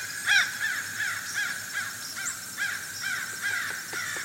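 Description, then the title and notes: Fish crow calls, a steady series of nasal caws throughout, above continuous high-pitched insect sound. Fish crows, inquisitive, calling to each other, Outer Banks; insects calling. "Fish crows become inquisitive and call to each other"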